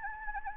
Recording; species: mosquito wingbeat signal from an infrared sensor; Anopheles gambiae